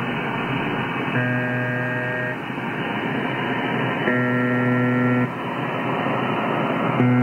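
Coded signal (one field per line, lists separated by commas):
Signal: channel marker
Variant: UVB-76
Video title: UVB 76 / UZB 76 The Buzzer - Emulation using Spectrum Lab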